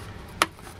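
The flip cap on a Vapur Eclipse collapsible soft plastic water bottle snaps shut with a single sharp, bright click at 0.4 s. The click stands out against quiet low background noise, and the cap is seated closed.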